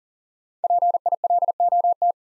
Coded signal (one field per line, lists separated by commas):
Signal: Morse code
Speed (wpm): 40 wpm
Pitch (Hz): 700 Hz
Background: none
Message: PILOT